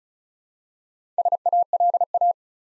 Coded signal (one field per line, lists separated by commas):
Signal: Morse code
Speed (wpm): 36 wpm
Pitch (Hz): 700 Hz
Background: none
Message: SALA